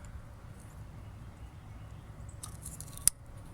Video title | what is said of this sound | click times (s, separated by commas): Watch THIS Before You Replace Your Spark Plugs! (2007 Toyota Camry Hybrid) | snap in there okay we hear it click | 3.1 s